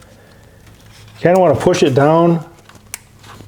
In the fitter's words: hear it click, and then you push down on the red locking tab.